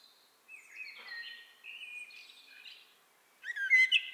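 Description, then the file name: Common blackbird song: soft, fluty whistled notes held briefly, followed by a louder, squeaky, chattering flourish at the close. "Turdus merula"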